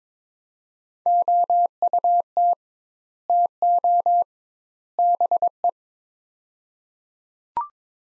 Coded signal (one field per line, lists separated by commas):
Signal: Morse code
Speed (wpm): 22 wpm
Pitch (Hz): 700 Hz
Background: none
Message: OUT TO BE